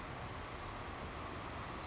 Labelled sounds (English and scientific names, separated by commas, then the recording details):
Savannah Sparrow (Passerculus sandwichensis)
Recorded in Sonoma County, California